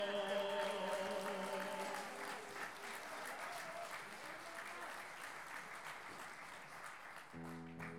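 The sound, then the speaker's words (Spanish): Diners in the audience at the Duelo Nacional de Contrapuntos, a payador improvised-verse duel at the CUT headquarters, applaud steadily for several seconds, dense clapping filling the whole stretch, with a sustained musical tone lingering underneath at the start and a new tone entering near the end. “A todos los comensales, a todos los comensales, aplaudiendo los escucho.”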